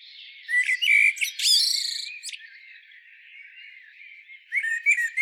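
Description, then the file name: Common blackbird giving squeaky, high chirps and sharp twittery notes in bursts over the first two seconds, then a quiet stretch before another brief cluster of scratchy notes near the end. "Turdus merula"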